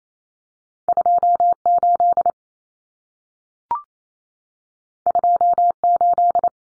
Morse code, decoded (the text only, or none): 28 28